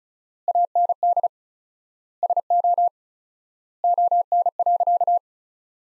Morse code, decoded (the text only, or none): AND SO ON.